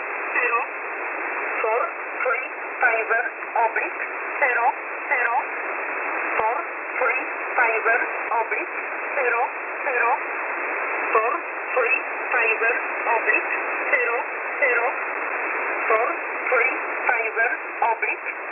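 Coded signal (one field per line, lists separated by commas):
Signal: numbers station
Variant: E11 (Oblique)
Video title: E11 number station 5150 kHz USB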